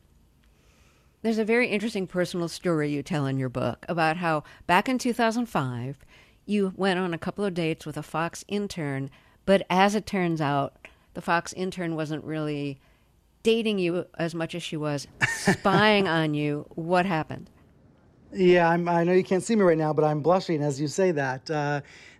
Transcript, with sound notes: There's a very interesting personal story you tell in your book about how back in 2005, you went on a couple of dates with a Fox intern. But as it turns out, the Fox intern wasn't really dating you as much as she was spying on you.
(Laughter).
What happened?
Yeah. I know you can't see me right now, but I'm blushing as you say that.